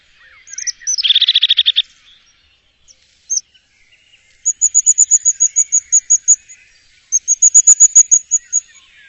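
Bird calls: a fast buzzy trill, a lone sharp note, then two series of thin, very high ticking notes repeated rapidly, several per second, in quiet surroundings.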